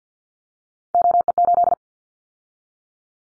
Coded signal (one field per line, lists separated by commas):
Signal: Morse code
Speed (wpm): 48 wpm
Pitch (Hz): 700 Hz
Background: none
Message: OE8